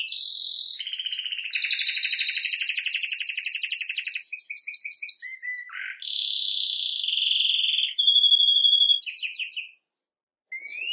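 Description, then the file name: Canary song with long rapid trills, a rough low note, a smooth rolled phrase and a whistled tone, ending with a brief pause and a chirp. "Canary Voice"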